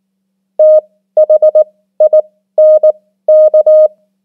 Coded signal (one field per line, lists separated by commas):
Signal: Morse code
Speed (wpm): 19 wpm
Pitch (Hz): 620 Hz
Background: none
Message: THINK